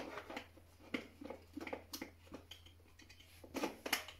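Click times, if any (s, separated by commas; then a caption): 3.9 s. A replaceable plastic part is being fitted back into a Xiaomi Roidmi Eve Plus robot vacuum after being removed. A series of short plastic knocks and taps leads up to the loudest hit at 3.9 s, when the part seats back into place easily.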